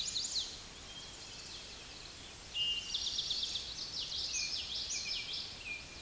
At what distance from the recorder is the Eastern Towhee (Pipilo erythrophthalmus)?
about 25 m